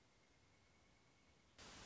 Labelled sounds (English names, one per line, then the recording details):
Pileated Woodpecker
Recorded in Sonoma County, California